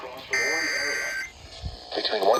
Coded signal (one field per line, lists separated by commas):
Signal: Emergency Alert System (SAME) tones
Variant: header bursts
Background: speech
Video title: More Alerts: EAS Alerts From 5/6/25 (EAS #4265-4288)